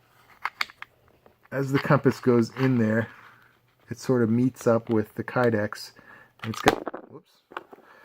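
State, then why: Seated. A button compass with grooved edges is pressed into its molded Kydex pocket on a knife sheath from a Mora Garberg and Eldris sheath system, where the grooves catch on the Kydex. Someone talks over faint handling ticks, then a short sharp click at 7.6 s marks the compass snapping solidly into place.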